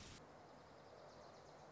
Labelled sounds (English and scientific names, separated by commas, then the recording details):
Wilson's Warbler (Cardellina pusilla)
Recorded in Sonoma County, California